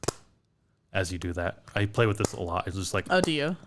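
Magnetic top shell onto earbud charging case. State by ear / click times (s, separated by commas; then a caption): seated / 0.0 s, 0.1 s. The removable magnetic top shell of an earbud charging case is pressed back onto the case, and the magnets pull it home with a sharp snap at 0.0 s and 0.1 s. After a brief silence, people talk. The shell is seated in place.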